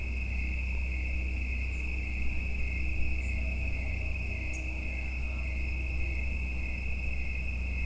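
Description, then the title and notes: Continuous high insect drone, even in pitch, over a low rumble, with a few faint short higher chirps. Insects giving mating calls in the evening in late summer and autumn at Watts Ranch in the United States; insects near the end of their lives. "Autumn insects on Watts Ranch. In much of the United States, insects start calling in the evening in late summer and into autumn. Recorded by Neal Johnson. Part of the Music for Sleep project"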